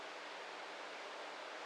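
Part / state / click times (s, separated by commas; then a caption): transmission shift fork engaging gear / not seated / none. A steel shift fork on a partly reassembled automatic transmission is being pushed so the gear engages. Only a steady, even hiss of broadband noise is heard, with no distinct hits. Nothing has clicked into place yet.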